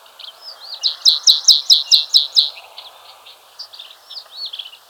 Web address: White-Capped Bunting Song